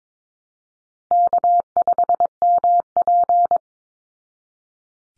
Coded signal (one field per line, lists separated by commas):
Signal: Morse code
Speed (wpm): 22 wpm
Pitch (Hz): 700 Hz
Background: none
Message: K5MP